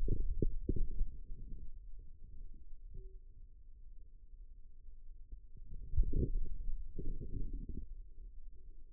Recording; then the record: forearm muscle sounds (acoustic myography)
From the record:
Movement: pen grasping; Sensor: system 2, bracelet of six BSWA MPA416 microphones around the upper forearm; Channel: 4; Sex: male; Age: 22 years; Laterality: right